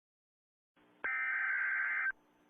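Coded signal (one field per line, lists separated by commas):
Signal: Emergency Alert System (SAME) tones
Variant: header bursts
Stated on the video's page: Simulated EAS alert, a mock for a fictional Los Angeles nuclear attack.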